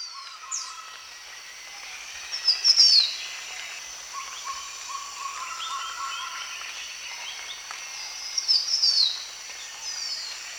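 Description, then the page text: Green Iora calling twice, each a thin, high, downslurred whistle about six seconds apart, over busy background birdsong. Recorded at Danum, Borneo, on 1 January 2008. "Sound of Green Iora at Danum by EDWARDS, David"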